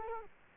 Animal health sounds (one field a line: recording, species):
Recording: mosquito wingbeat signal from an infrared sensor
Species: Culex quinquefasciatus